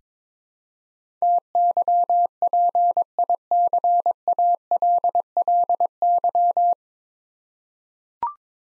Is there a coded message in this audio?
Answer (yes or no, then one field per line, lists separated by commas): yes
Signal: Morse code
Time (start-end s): 1.2-6.7 s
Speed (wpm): 22 wpm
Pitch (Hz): 700 Hz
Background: none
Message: TYPICALLY